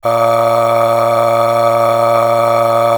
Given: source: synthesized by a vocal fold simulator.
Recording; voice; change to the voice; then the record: sustained vowel; male; aspiration noise (breathiness), level 10 of 10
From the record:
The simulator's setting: 4.92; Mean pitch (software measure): 116 Hz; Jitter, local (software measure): 1.17%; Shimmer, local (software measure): 14.4%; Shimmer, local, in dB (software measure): 1.27 dB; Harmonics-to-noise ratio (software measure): 9.9 dB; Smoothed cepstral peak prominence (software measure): 12.1 dB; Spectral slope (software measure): -16.0 dB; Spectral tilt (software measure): -8.3 dB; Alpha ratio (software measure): -6.5 dB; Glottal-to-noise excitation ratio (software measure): 0.804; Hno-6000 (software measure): 1.8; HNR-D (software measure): 21.4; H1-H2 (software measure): 4.9 dB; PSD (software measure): 8.7e-05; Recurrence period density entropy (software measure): 0.130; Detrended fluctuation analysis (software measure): 0.0533